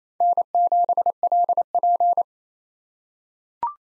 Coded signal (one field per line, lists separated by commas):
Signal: Morse code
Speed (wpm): 28 wpm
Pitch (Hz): 700 Hz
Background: none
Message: N7LP